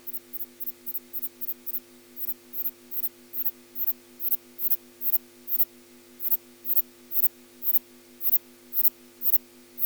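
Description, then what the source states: Insect calling song: dry tick-like pulses, quicker and uneven at first, then settling into a slower series of about two per second, with a low hum throughout. Male insect giving a slow calling song.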